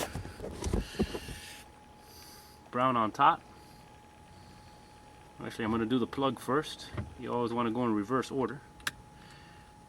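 During work on a Mercedes-Benz C230 mirror light, the electrical plug for the side mirror is pushed into its socket, and a short, sharp click is heard at 8.9 s. Someone talks in between bursts of handling noise, and the plug is seated.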